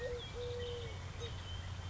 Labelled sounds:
Eurasian Collared Dove

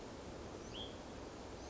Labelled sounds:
Hutton's Vireo

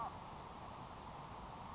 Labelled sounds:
Grasshopper Sparrow

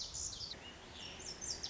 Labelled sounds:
Lazuli Bunting

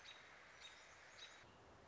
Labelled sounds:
American Robin

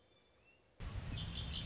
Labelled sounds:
Red-winged Blackbird

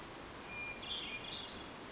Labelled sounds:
Hermit Thrush

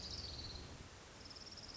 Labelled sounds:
Orange-crowned Warbler

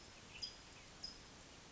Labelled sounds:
Western Tanager

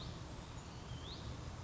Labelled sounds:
Hutton's Vireo

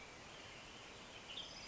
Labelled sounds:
Western Tanager

